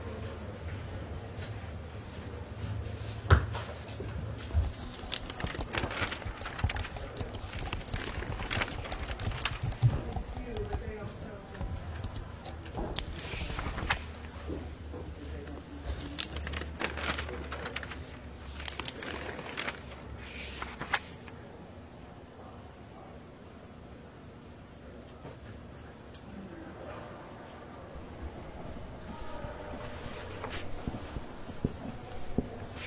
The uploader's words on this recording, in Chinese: 公共图书馆沉浸式学习 图书馆环境音 打字声 写字翻书。